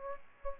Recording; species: mosquito wingbeat signal from an infrared sensor; Aedes aegypti